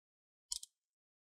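A guitar pick wedged between the palm rest and the plastic bottom cover of a Lenovo ThinkPad E14 laptop is twisted outward to pop the retaining clips free. Two sharp, bright clicks ring out at 0.5 s and 0.6 s, with silence before and after. The bottom cover clips release.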